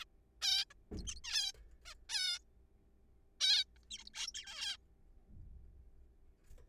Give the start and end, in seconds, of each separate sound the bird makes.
0.01-0.04, 0.42-0.64, 0.71-0.74, 0.97-1.03, 1.07-1.15, 1.16-1.20, 1.24-1.52, 1.85-1.94, 2.10-2.39, 3.41-3.64, 3.77-3.78, 3.91-4.04, 4.05-4.09, 4.14-4.32, 4.34-4.77